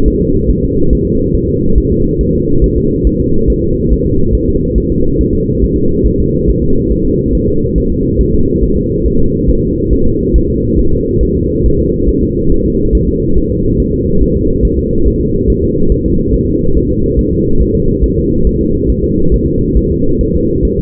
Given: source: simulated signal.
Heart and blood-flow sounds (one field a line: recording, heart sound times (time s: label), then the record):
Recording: fetal heart sounds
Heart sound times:
0.08 s: S1
0.22 s: S2
0.50 s: S1
0.65 s: S2
0.93 s: S1
1.07 s: S2
1.36 s: S1
1.50 s: S2
1.78 s: S1
1.92 s: S2
2.21 s: S1
2.35 s: S2
2.64 s: S1
2.78 s: S2
3.07 s: S1
3.21 s: S2
3.50 s: S1
3.64 s: S2
3.93 s: S1
4.06 s: S2
4.35 s: S1
4.49 s: S2
4.78 s: S1
4.92 s: S2
5.21 s: S1
5.35 s: S2
5.64 s: S1
5.78 s: S2
6.07 s: S1
6.21 s: S2
6.50 s: S1
6.64 s: S2
6.92 s: S1
7.06 s: S2
7.35 s: S1
7.49 s: S2
7.78 s: S1
7.92 s: S2
8.21 s: S1
8.35 s: S2
8.64 s: S1
8.77 s: S2
9.06 s: S1
9.20 s: S2
9.49 s: S1
9.63 s: S2
9.93 s: S1
10.07 s: S2
10.36 s: S1
10.50 s: S2
10.79 s: S1
10.93 s: S2
11.23 s: S1
11.37 s: S2
11.66 s: S1
11.80 s: S2
12.09 s: S1
12.23 s: S2
12.52 s: S1
12.66 s: S2
12.95 s: S1
13.09 s: S2
13.38 s: S1
13.52 s: S2
13.80 s: S1
13.94 s: S2
14.22 s: S1
14.36 s: S2
14.65 s: S1
14.79 s: S2
15.07 s: S1
15.21 s: S2
15.50 s: S1
15.64 s: S2
15.92 s: S1
16.06 s: S2
16.34 s: S1
16.48 s: S2
16.77 s: S1
16.91 s: S2
17.19 s: S1
17.33 s: S2
17.62 s: S1
17.75 s: S2
18.04 s: S1
18.18 s: S2
18.47 s: S1
18.61 s: S2
18.90 s: S1
19.04 s: S2
19.34 s: S1
19.48 s: S2
19.77 s: S1
19.91 s: S2
20.21 s: S1
20.35 s: S2
20.65 s: S1
20.79 s: S2
From the record:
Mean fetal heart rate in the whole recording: 140 bpm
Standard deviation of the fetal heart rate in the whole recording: 2 bpm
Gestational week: 34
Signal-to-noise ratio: -16.4 dB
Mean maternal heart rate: 72 bpm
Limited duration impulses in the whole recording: present